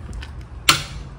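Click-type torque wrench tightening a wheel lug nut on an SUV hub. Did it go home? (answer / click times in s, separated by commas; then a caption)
yes / 0.7 s. A click-type torque wrench set to 94 ft-lb, with a 21 mm socket, turns a steel lug nut with the wheel lock key fitted on the hub of a 2016-2022 Honda Pilot SUV. After a few faint ticks, one sharp, bright click rings out at 0.7 s. That single click means the lug nut has reached the set torque and is done.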